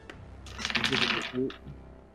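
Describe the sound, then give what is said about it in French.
A burst of nine dice, thrown for a defense roll, rattling and clattering across a hard surface for about a second, with a brief murmur of voice over the tail end before it fades. “Je jette 9 dés en défense.”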